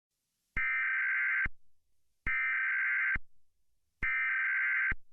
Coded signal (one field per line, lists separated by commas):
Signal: Emergency Alert System (SAME) tones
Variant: header bursts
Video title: (DELTARUNE) Emergency Alert System: ██-██-202X